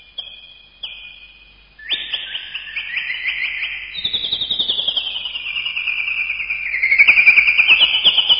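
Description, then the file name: Bird calls: short flat whistles, then a long series of trilled notes sliding gradually downward and rising again at the end. "uccelli birds"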